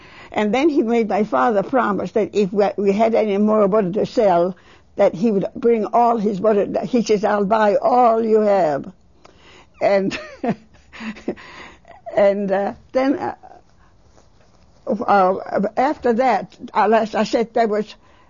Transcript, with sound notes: And then he made my father promise that if we had any more butter to sell that he would bring all his butter. He says, "I'll buy all you have." (She laughs.) And then after that, as I said that was